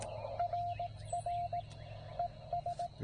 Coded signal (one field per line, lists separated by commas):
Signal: Morse code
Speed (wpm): 18 wpm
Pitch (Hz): 700 Hz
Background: none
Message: RR ES